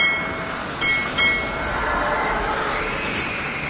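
A train rolls along rails with a steady, loud rumbling roar and a thin, high metallic squeal, plus a couple of brief knocks early on. No one speaks.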